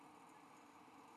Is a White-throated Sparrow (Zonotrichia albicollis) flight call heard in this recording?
no